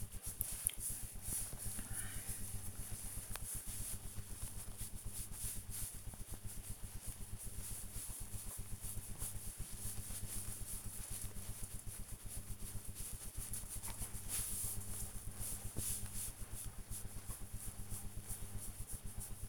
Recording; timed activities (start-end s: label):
household activities, microphone on the right wrist
17.16-19.49 s: pet the dog